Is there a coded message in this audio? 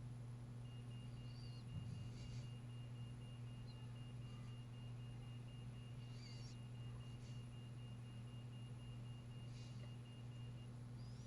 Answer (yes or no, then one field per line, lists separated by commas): no